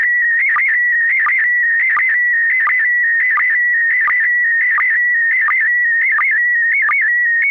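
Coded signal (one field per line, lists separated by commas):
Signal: SSTV (slow-scan television)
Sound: steady warbling whistle near 2 kHz, broken by short regular low blips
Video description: Use MMSSTV (Windows), Robot 36 (Android), QSSTV (as in the video, Linux) or one of the SSTV programs/apps for Apple to decode the audio yourself.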